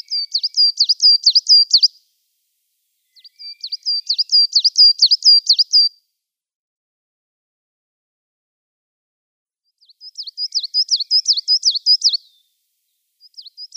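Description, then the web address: Coal Tit song: high, ringing see-saw syllables repeated rapidly in phrases of two to three seconds, with pauses of one to four seconds between them. "Schulze Peter Coal Tit song"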